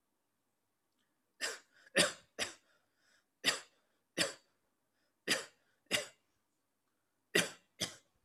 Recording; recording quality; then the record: shallow voluntary cough; excellent, no background noise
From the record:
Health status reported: healthy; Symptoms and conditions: none ticked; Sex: male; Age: 31 years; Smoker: not ticked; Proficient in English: yes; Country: India